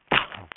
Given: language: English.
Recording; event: throat vibration sensor signal played as sound; cough